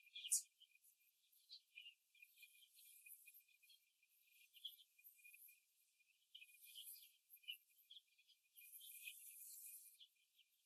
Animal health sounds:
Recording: young laying hens in a cage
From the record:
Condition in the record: after the stressor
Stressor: simulated dog barking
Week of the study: 2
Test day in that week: 2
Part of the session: 1

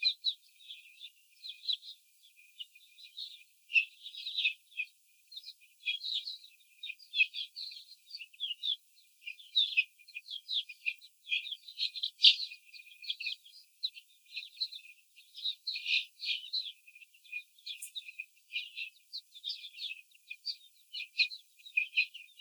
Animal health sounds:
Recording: young laying hens in a cage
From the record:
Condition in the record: after the stressor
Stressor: simulated dog barking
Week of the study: 4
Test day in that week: 2

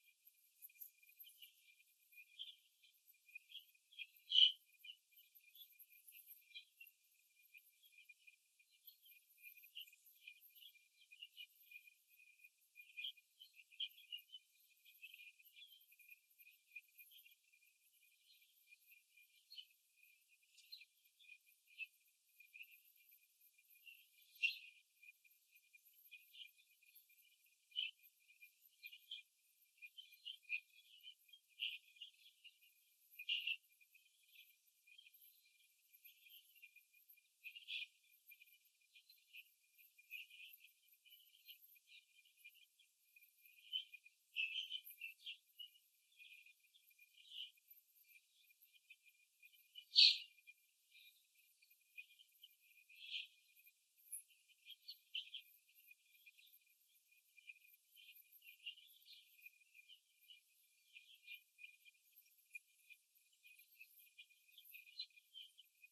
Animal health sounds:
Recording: young laying hens in a cage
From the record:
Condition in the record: before the stressor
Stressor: simulated dog barking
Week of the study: 2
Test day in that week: 3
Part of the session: 3

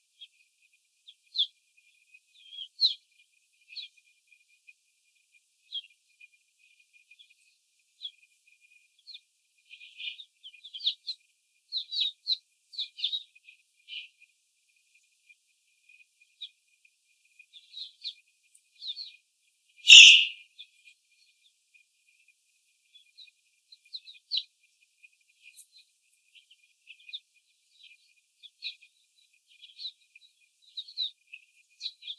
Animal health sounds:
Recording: young laying hens in a cage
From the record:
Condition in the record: before the stressor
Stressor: simulated dog barking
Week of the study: 4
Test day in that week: 3

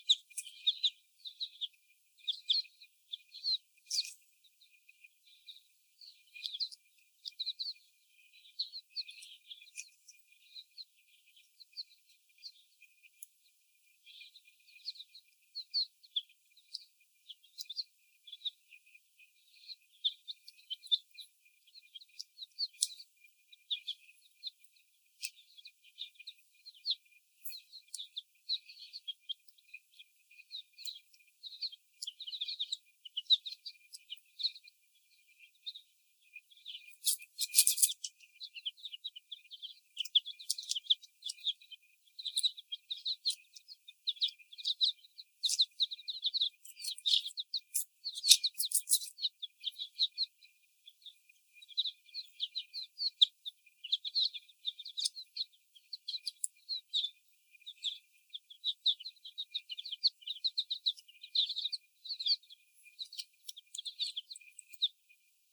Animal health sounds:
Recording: young laying hens in a cage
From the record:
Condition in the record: before the stressor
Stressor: sudden umbrella opening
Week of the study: 1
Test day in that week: 1

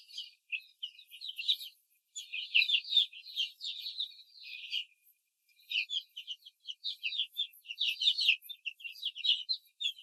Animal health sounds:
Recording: young laying hens in a cage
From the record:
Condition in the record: control cage, before the stress test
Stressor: none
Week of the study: 4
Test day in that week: 1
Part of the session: 3

